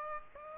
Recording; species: mosquito wingbeat signal from an infrared sensor; Aedes aegypti